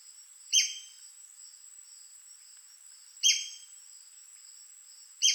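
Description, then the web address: White-crested spadebill calls: short, piercing downslurred notes, three in all, over a soft, continuous high-pitched background hum. "White crested spadebill. پرنده-بیلچه-نوک-کاکل-سفید"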